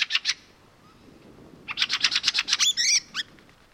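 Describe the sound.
Fieldfare rattling chatter, a quick trio of harsh notes then a longer rapid run of grating 'chack' calls ending in squeakier notes.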